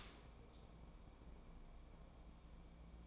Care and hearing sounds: daily activity, microphone in the room; open dishwasher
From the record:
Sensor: 1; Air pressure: 1012.4 hPa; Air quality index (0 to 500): 172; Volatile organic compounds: 3 ppm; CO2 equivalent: 1404 ppm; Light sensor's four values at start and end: 354/803/358/393 and 352/797/355/390

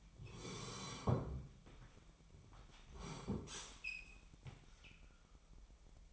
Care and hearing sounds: daily activity, microphone in the room; sit down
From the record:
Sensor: 1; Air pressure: 998.6 hPa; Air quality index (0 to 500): 118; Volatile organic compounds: 3 ppm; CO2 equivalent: 1412 ppm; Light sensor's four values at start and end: 7/17/7/8 and 7/18/7/9

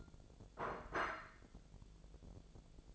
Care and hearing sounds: daily activity, microphone in the room; place plate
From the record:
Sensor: 5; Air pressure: 1000.3 hPa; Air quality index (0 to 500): 121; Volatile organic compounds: 1 ppm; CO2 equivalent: 966 ppm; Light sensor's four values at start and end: 107/253/108/117 and 107/253/108/117

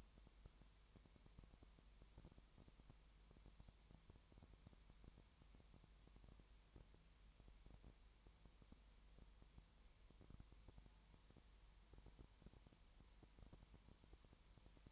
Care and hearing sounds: daily activity, microphone in the room; no activity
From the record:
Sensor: 3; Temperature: 20.5 degrees Celsius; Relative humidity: 32.9%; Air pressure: 1003.2 hPa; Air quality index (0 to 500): 105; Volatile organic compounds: 2 ppm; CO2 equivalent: 1070 ppm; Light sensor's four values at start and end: 2/3/2/2 and 2/3/2/2

